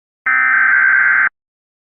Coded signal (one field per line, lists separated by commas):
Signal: Emergency Alert System (SAME) tones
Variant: header bursts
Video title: EAS MOCK Tornado Warning On WXM56 I Missed - 6/26/25 #COWX #WXM56 #COSWX